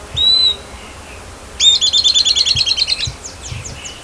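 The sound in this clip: Bird song: a short high whistled note, a pause, then a rapid buzzy trill of about a dozen bright repeated notes over a second and a half, fading into softer chirps.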